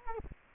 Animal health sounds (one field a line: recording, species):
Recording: mosquito wingbeat signal from an infrared sensor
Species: Culex quinquefasciatus